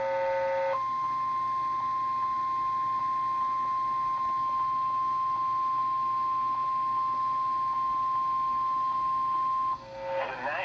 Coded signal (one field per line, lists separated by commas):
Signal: Emergency Alert System (SAME) tones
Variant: 1050 Hz attention tone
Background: speech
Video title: EAS 105 LAKE CHARLES FLASH FLOOD WARNING NWS